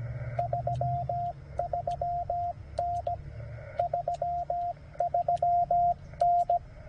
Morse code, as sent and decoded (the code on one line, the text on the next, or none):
...-- ...-- -. / ...-- ...-- -.
33N 33N